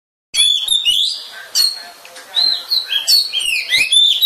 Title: suara kacer